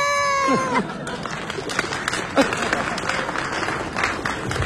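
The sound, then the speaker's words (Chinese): A voice imitates a village rooster crowing in the early morning in one short, bright call that bends downward at the end, and a crowd breaks into steady applause that carries on for several seconds. “连这个鸡打鸣听着都美了”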